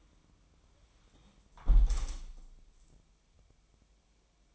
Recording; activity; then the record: daily activity, microphone in the room; close window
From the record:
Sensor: 1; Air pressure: 1000.4 hPa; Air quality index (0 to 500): 159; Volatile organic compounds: 3 ppm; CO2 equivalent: 1461 ppm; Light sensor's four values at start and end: 11/28/11/13 and 11/26/11/12